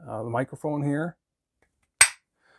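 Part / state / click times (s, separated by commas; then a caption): fixed-blade knife into its sheath / seated / 2.0 s. Someone talks briefly, then a TOPS Knives Fieldcraft 3.5 fixed-blade knife is pushed into its hard sheath and held to the microphone. It snaps into the retention with one loud, sharp click at 2.0 s, and the knife is seated in the sheath.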